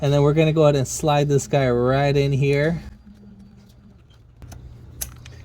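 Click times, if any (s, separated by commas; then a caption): 5.0 s. On an Acura TL, during a bank one sensor one rear oxygen sensor replacement for codes P2251 and P0134, the connected oxygen sensor plug or its harness clip is slid into its mounting bracket. Someone talks for the first three seconds, then faint handling ticks follow around 4.4 to 4.5 s. A sharp click at 5.0 s shows the connector seated in the bracket, followed by a softer tick at 5.3 s.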